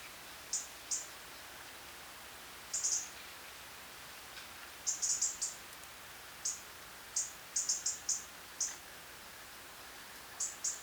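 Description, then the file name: European robin giving very high, thin ticking calls, single or in quick clusters of two to four, repeated irregularly every second or so over faint background hiss. "Erithacus rubecula"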